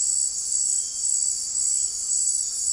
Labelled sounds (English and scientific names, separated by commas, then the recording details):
none
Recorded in secondary vegetation near Puerto Asís, Putumayo, Colombia, on 19 March 2025 at 17:30
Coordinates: 0.499, -76.323
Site G094